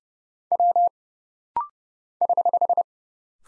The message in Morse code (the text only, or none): W <HH>